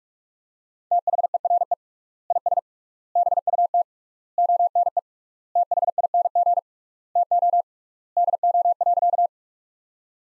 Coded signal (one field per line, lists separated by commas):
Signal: Morse code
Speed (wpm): 47 wpm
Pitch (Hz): 700 Hz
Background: none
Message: THERE IS BUT ONE THING TO DO.